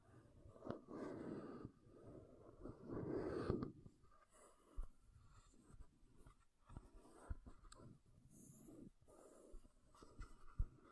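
Makeup containers are scratched and tapped, with dense rubbing in the first four seconds, then sparser clicks and brief scrapes, ending in a sharp tap.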